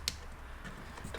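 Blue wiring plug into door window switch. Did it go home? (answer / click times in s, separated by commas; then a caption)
yes / 0.1 s. A small blue wiring plug, which fits only one way, is pushed into the door window switch of a BMW E46 during a window regulator repair. It snaps in with one sharp click at 0.1 s, followed by quiet handling noise and a softer sound near the end. The plug is seated.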